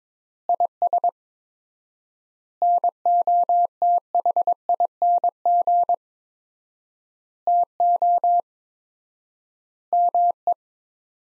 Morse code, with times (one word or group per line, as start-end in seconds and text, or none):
0.5-1.1 IS
2.6-5.9 NOTHING
7.5-8.4 TO
9.9-10.5 ME